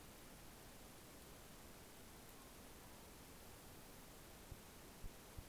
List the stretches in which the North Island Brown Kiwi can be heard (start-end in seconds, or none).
none